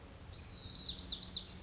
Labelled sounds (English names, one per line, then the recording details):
Lazuli Bunting
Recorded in Sonoma County, California